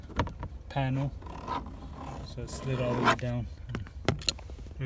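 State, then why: Seated. Someone talks while sliding a screwdriver down along the plastic interior side trim panel of a 2003-2007 Honda Accord 2-door coupe, pushing on the panel after the seatbelt has been reinstalled. The panel's retaining clips snap onto the car body with sharp clicks at 4.1 and 4.3 seconds, and the panel is seated in place.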